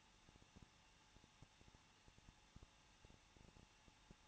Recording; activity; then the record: daily activity, microphone in the room; no activity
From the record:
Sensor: 1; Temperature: 20.1 degrees Celsius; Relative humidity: 39.1%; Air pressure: 1006.3 hPa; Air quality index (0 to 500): 216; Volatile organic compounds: 74 ppm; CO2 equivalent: 3557 ppm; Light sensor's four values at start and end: 1/2/1/1 and 1/2/1/1